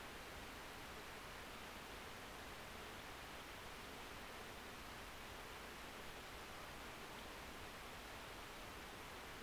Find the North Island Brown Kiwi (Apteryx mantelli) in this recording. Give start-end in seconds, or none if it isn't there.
none